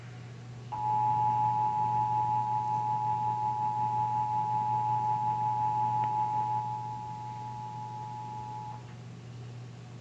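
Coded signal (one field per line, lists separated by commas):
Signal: Emergency Alert System (SAME) tones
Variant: 853 and 960 Hz attention tone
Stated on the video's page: North Carolina AMBER Alert, with valid EAS tones.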